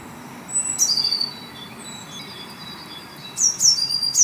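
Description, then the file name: Eurasian blue tit calls: a few sharp, high, falling notes, then a short pause and a quick burst of three more. "Cyanistes caeruleus"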